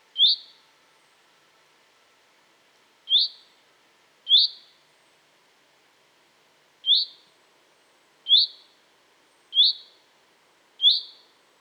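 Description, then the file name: Common chaffinch calling: seven short, sharp, high notes, each a quick bright chip, spaced irregularly one to three seconds apart against a quiet background. "Fringilla coelebs"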